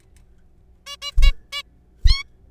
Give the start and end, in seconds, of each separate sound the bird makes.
0.86-0.96, 1.02-1.11, 1.22-1.31, 1.52-1.62, 2.06-2.23